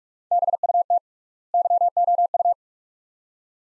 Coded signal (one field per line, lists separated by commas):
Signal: Morse code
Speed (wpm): 46 wpm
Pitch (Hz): 700 Hz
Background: none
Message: BUT YOU